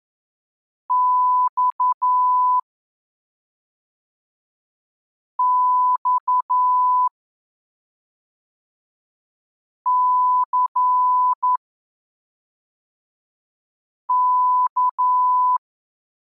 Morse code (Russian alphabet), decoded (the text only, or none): Ь Ь Ц К